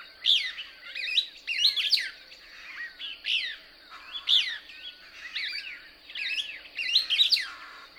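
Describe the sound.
Couch's Kingbird song: bursts of sharp, twittering notes with rising and falling sweeps, repeated in quick phrases over a steady high background hiss.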